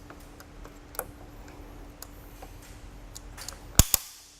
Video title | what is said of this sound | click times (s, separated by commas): etrailer - Fit Check: Testing Inno Aero Roof Rack for Naked Roofs on a 2014 Volkswagen Passat | you hear those audible clicks that's how you know it's tight enough which is a neat feature of all this tightening tool | 1.0 s, 3.8 s, 3.9 s